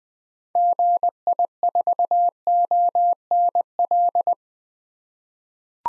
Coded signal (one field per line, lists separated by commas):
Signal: Morse code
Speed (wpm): 20 wpm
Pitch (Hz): 700 Hz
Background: none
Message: GI4ONL